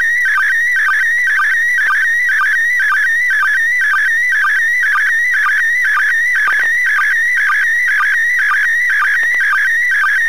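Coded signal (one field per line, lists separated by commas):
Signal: SSTV (slow-scan television)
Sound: warbling, chirping tone that shifts pitch continuously, with rapid regular ticking sync blips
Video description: Λήψη SSTV από τον διεθνή διαστημικό σταθμό (ISS) στα 2m (145.800)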